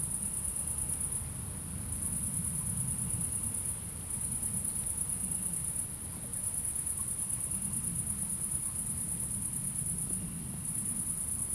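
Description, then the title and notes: Crickets give a sustained high trill that thins out in short gaps every few seconds, with low rumbling traffic noise beneath. Crickets at night in Aveize, France, with cars in the distance; recorded with a DPA-2006c AB pair into an SD MixPre-3. "69610 Aveize, France - Grillons - Crickets. Grillons la nuit, quelques voitures dans le lointain. Crickets at night, cars in the distance"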